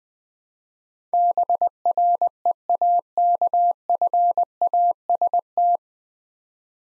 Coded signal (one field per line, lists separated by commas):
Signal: Morse code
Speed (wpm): 21 wpm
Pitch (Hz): 700 Hz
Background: none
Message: BREAKFAST